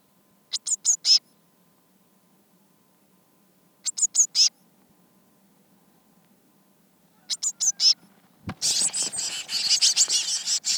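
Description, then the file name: Eurasian blue tit giving high, rapid chattering bursts about every three seconds, followed by a harsher, hissing churr in the last two seconds. "Cyanistes caeruleus"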